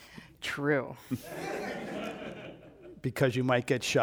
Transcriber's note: laughter